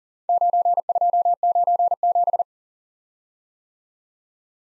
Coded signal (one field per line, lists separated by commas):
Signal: Morse code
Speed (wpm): 42 wpm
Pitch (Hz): 700 Hz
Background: none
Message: 9297